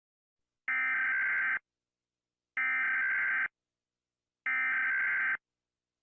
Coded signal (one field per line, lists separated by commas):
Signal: Emergency Alert System (SAME) tones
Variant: header bursts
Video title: Rating Eas Alarms (pt.1)